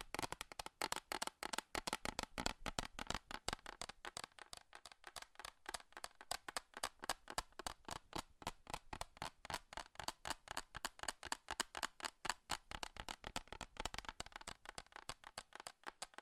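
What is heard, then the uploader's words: Rapid, relentless tapping on metal fills all sixteen seconds, sharp clicky strikes coming many times per second in a dense, uneven stream. The hits are bright and crisp with a slight ring, and the pace never slows. ASMR FAST & FURIOUS TAPPING Metal Sounds (No Talking).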